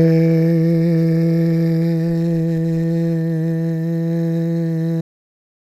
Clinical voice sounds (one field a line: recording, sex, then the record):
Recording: sustained vowel /e/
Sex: male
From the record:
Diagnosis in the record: Parkinson's disease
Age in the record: 77 years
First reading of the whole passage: 65 s, 8.0 characters per second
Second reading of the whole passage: 61 s, 8.5 characters per second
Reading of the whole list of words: 50 s, 5.6 characters per second